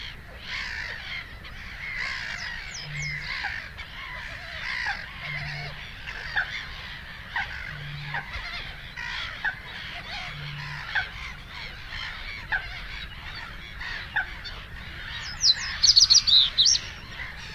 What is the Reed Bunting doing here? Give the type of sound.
song